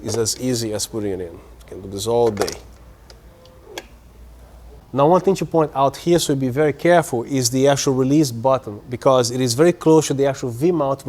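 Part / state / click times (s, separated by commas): V-mount battery plate sliding onto LED light ballast / seated / 3.8 s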